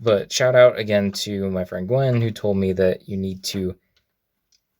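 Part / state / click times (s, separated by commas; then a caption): leg joint of a plastic transforming robot figure / not seated / none. Someone talks while handling the leg joint of a plastic transforming robot figure, a transformation joint that must click into place so the wobbly legs hold and the figure can stand. After the talking stops, only a couple of faint, brief ticks are heard near 4.0 and 4.6 seconds. The joint has not clicked into place yet.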